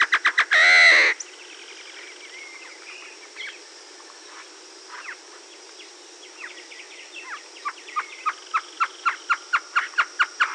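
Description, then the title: Great antshrike, a loud harsh nasal snarl near the start, then a quiet gap before a series of short hooting notes begins and grows louder toward the end. Subspecies Taraba major stagurus. "LuckyPassaro Completos2Sama. Great Antshrike"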